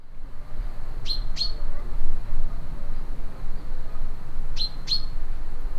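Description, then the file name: Common chaffinch calling: two pairs of crisp metallic notes, the pairs about three and a half seconds apart, over a low rumbling background. "Fringilla coelebs"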